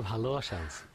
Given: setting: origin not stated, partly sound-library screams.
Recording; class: one-second piece from a danger detection set; normal situation